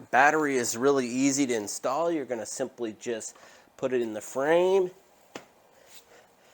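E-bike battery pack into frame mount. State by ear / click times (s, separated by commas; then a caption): seated / 5.4 s. Someone talks while an e-bike battery pack for an Emoko C91 (also sold as Long Seng or Ronson) is placed into its frame mount and pushed until it locks into place before the key is used. A single sharp snap-like click comes at 5.4 s, and the battery is seated.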